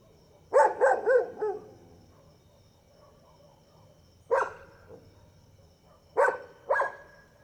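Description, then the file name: Dog barks in clusters: a quick run of barks, then a single bark and a pair spaced a couple of seconds apart, over a steady high-pitched cricket drone. Several dogs barking at night, first far away and then near, with crickets calling. "Cachorros latindo longe e depois perto a noite com grilo e passa uma moto"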